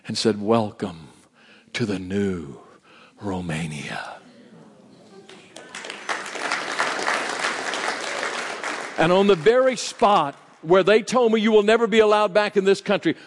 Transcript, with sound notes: and said, “Welcome to the new Romania.” (Applause) On the very spot where they told me, “You will never be allowed back in this country.”